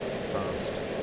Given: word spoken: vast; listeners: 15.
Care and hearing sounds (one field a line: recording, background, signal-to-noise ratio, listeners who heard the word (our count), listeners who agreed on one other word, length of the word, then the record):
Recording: one English word in noise, from a listening test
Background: speech-shaped noise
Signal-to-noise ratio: -6.2 dB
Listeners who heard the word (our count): 0 of 15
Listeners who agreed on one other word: 13 of 15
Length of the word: 0.63 s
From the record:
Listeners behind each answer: 13, 2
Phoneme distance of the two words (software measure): 10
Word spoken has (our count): 1 syllable, 4 phonemes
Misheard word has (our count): 1 syllable, 4 phonemes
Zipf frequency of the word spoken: 4.53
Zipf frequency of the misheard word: 5.09